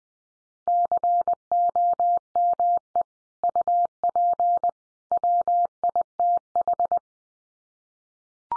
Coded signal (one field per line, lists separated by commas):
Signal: Morse code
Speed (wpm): 19 wpm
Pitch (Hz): 700 Hz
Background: none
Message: COME UP WITH